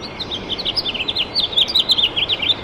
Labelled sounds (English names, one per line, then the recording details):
House Finch song
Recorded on Long Island, New York, on 7 June 2011
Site MV
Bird C